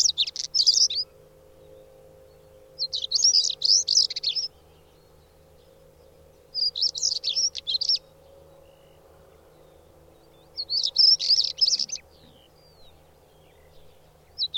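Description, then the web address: Bird repeating high, jumbled chirping phrases about every three to four seconds, four full bursts plus the start of another, against a quiet low drone. "madarak enek"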